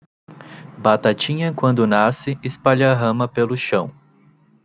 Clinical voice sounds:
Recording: short text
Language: Brazilian Portuguese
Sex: male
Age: 20 to 29 years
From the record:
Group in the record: control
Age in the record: 27 years

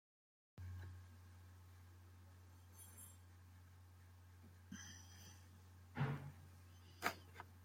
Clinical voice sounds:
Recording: short text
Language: Brazilian Portuguese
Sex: female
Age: 50 to 59 years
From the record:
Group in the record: control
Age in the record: 58 years

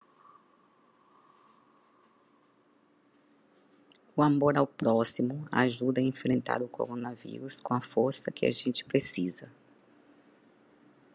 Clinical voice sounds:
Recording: spoken sentence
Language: Brazilian Portuguese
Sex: female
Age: 50 to 59 years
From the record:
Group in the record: control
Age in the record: 58 years

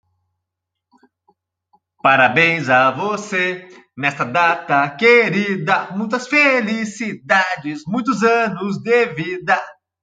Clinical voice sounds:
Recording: short text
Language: Brazilian Portuguese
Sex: male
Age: 30 to 39 years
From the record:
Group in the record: control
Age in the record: 37 years

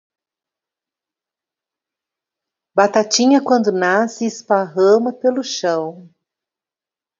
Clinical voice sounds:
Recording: short text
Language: Brazilian Portuguese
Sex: female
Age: 50 to 59 years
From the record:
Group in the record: control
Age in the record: 54 years

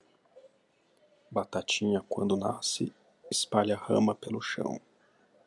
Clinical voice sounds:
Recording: short text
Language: Brazilian Portuguese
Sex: male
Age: 30 to 39 years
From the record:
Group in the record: control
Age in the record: 34 years

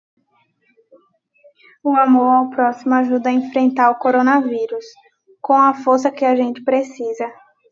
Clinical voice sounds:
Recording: spoken sentence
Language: Brazilian Portuguese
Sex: female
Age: 18 to 19 years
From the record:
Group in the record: control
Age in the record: 19 years

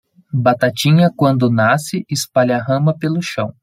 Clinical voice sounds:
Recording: short text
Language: Brazilian Portuguese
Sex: male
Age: 30 to 39 years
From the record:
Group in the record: control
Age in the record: 30 years

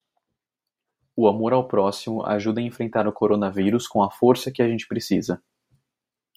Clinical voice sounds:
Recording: spoken sentence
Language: Brazilian Portuguese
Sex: male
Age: 20 to 29 years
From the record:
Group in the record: control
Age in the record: 24 years

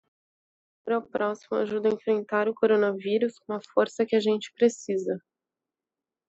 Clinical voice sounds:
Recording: spoken sentence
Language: Brazilian Portuguese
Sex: female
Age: 20 to 29 years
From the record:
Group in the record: control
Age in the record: 27 years

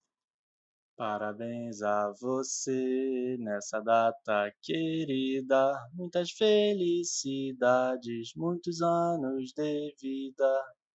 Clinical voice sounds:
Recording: short text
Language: Brazilian Portuguese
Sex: male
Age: 30 to 39 years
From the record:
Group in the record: control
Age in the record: 30 years

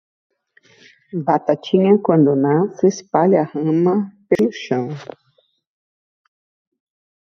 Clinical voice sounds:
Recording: short text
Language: Brazilian Portuguese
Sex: female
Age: 50 to 59 years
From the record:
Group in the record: control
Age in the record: 57 years

